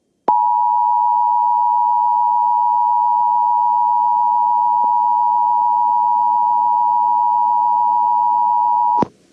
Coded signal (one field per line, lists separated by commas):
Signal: Emergency Alert System (SAME) tones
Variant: 853 and 960 Hz attention tone